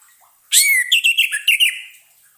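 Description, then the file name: Orange-headed thrush delivering one rich warbled phrase: a loud opening whistle followed by several quick clipped notes that fade away. Lure sound played so the bird (anis merah) does not get stressed. "suara pancingan burung anis merah agar tidak stress"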